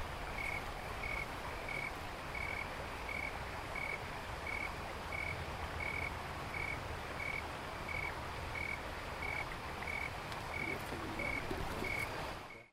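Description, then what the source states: Snowy tree cricket, a long run of regular high chirps spaced roughly 0.65 seconds apart, unbroken throughout above steady background hiss. Wild snowy tree crickets near Boulder, Colorado, in September; second timed count of chirps to estimate temperature, 31 chirps giving about 71°F.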